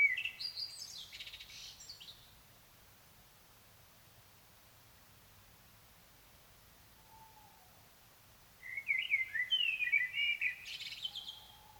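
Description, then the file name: Common blackbird song: the end of one high, squeaky twittering phrase, several seconds of quiet with a soft low note, then another high twittering phrase. "Turdus merula"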